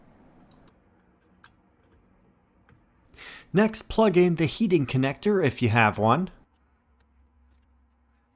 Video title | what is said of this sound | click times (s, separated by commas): Tesla Model 3/Y - Hansshow Updated Yoke Steering Wheel | Press in until it clicks. | 1.4 s